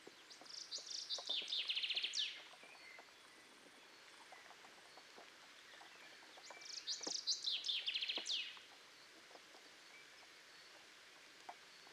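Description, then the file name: Common chaffinch song: two bright, rapid descending trills, each about two seconds long and ending in a flourish, separated by a pause of several seconds. Faint clicking in the background. "Fringilla coelebs"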